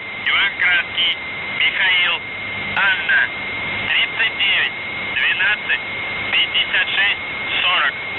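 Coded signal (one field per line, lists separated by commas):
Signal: numbers station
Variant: UVB-76, Russian voice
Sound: a voice reading short code words over the radio, with a steady high whistle underneath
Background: radio static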